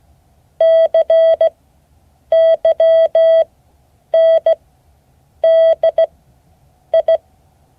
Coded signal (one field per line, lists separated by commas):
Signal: Morse code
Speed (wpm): 17 wpm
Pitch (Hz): 650 Hz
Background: none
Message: CYNDI